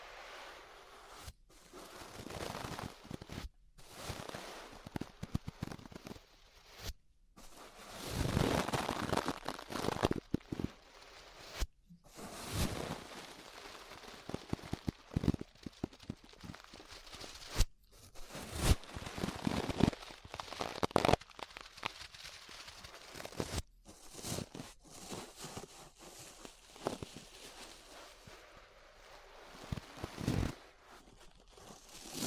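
Ear brushing: bristles sweep across in bursts of scratchy, crackling rustle, loud and bright, stopping for brief silent gaps every few seconds. The strokes vary in length and force, some dense and sustained, others short flicks, with low thumps mixed in.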